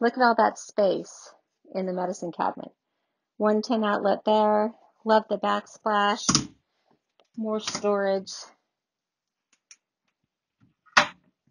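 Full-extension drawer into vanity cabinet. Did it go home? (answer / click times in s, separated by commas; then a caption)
yes / 11.0 s. A full-extension drawer is pushed closed into the vanity cabinet of an RV bathroom and shuts with a loud click at 10.9 s, seating fully. Before that, someone talks, followed by a brief quiet with faint ticks just before the click.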